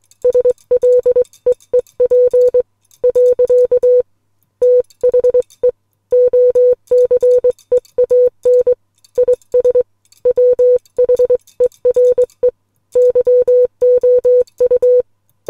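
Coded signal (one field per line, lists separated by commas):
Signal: Morse code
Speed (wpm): 21 wpm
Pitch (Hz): 500 Hz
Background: music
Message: SLEEP . THE OCEAN IS WHERE YOU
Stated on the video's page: Morse code poem sent on a Les Logan SpeedX model 500 bug key.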